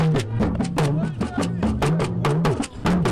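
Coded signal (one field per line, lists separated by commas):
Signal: talking drum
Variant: Yoruba dùndún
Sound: rapid drum strokes with a low pitch sliding up and down, speech-like rhythm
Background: other percussion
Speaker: By squeezing the leather tension cords between his arm and body while hitting the round drum head with a curved stick, This drummer changes the pitch of the drum to mimic the tone and prosody of human speech.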